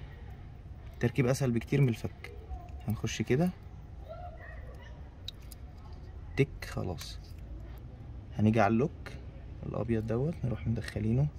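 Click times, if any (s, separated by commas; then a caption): 5.3 s. A second crimped metal terminal pin is pushed into a plastic ignition coil connector housing on a Renault Megane while someone talks. A short, sharp click at 5.3 s marks the pin seating in place.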